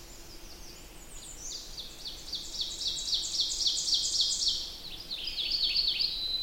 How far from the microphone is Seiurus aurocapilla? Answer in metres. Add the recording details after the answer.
about 25 m. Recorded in boreal forest in Alberta, Canada, on 20 June 2016 at 05:48. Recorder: SongMeter 3, array SBT-6-81. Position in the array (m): 67 m, 23 m. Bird 47